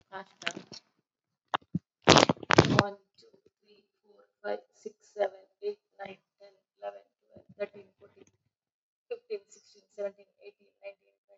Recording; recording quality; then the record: counting at a fast pace; excellent, no background noise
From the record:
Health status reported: COVID-19 positive, moderate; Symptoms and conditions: cough, sore throat, fatigue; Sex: female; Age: 48 years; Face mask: not worn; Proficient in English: no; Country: India